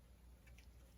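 A damper rod is inserted into a Showa fork on a 2004 Honda CRF250 and turned until it seats. Over a low background hum, a faint, short click sounds at 0.6 s as the rod clicks into place, and the rod is seated.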